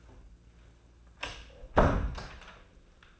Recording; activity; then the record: daily activity, microphone in the room; close door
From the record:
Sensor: 2